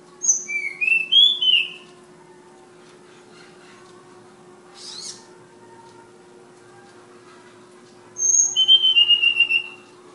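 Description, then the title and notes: Flowerpecker song: two bursts of thin, high whistled notes in quick series, separated by a pause with a brief rustle; constant low hum in background. Tledekan (Sulingan) from Kudus. "Tledekan/Sulingan ABABIL. Suara Burung Tledekan Ababil dari Kudus"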